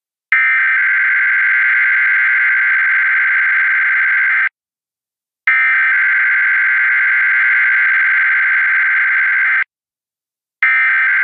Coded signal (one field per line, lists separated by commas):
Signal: Emergency Alert System (SAME) tones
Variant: header bursts